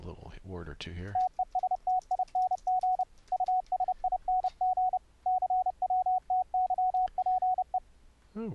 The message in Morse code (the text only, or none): TESTING USING CWTYPE